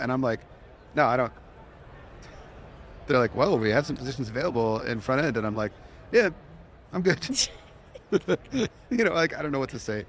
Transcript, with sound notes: And I'm like, "No, I don't." They're like, "Whoa, we have some positions available in front-end." And I'm like, "Yeah, I'm good," [laughs] you know? Like, I don't know what to say.